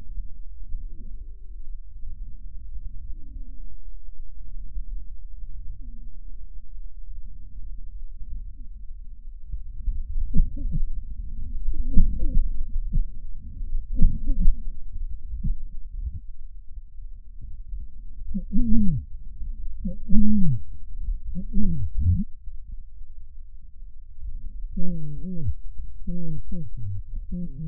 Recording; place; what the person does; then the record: lung sounds by stethoscope; left posterior basal chest; quiet breathing, then cough and speech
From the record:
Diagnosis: COPD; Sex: male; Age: 75 years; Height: 182 cm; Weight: 98 kg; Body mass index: 29.6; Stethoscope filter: bell mode